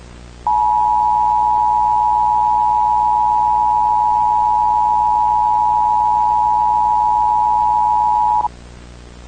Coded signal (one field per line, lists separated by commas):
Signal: Emergency Alert System (SAME) tones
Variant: 853 and 960 Hz attention tone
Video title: [EAS SCENARIO] ICARUS